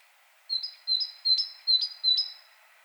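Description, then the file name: Great tit calling with five high, clipped double notes at a steady, even spacing, then quiet at the end. "Parus major"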